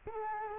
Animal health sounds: mosquito wingbeat signal from an infrared sensor; Culex quinquefasciatus

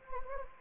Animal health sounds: mosquito wingbeat signal from an infrared sensor; Anopheles gambiae

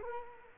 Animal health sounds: mosquito wingbeat signal from an infrared sensor; Culex quinquefasciatus

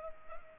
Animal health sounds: mosquito wingbeat signal from an infrared sensor; Culex pipiens

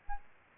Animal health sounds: mosquito wingbeat signal from an infrared sensor; Aedes albopictus

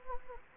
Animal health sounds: mosquito wingbeat signal from an infrared sensor; Anopheles gambiae

